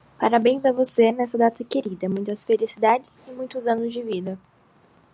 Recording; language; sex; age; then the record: short text; Brazilian Portuguese; female; 18 to 19 years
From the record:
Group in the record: control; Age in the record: 18 years